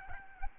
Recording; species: mosquito wingbeat signal from an infrared sensor; Aedes albopictus